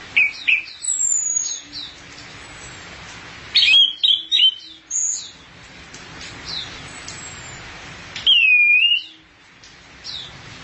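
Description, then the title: Thrush song of varied whistled and chirping phrases, high and scratchy, broken by short pauses. "burung anis x"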